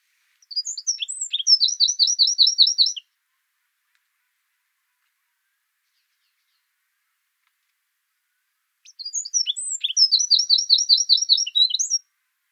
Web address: songs troglodytes troglodytes call